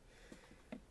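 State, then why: Seated. A small plastic clip is pressed again into a Razer Base Station Chroma headset stand or its packaging after an earlier attempt gave no audible click. Two faint taps near 0.3 s and 0.5 s are followed by a short, sharp click at 0.7 s. The clip is now seated in place.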